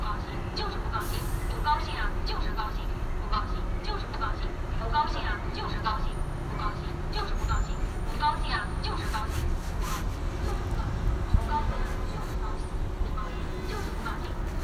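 A field recording at a sound installation, 'Window Pain' by Colin Siyuan Chinnery: a dense, steady low rumble like passing traffic fills the whole clip. Voices murmur throughout, with scattered brief high tones and clicks surfacing every second or so.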